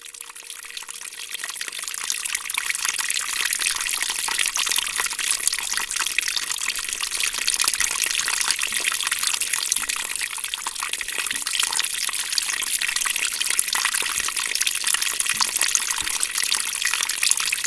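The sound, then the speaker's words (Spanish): The water of a stream in the Chaco rushes steadily over rocks along its bank in a constant, full hiss and gurgle that holds an even loudness throughout, with no voices. “Miren a la orilla de la corriente de agua.”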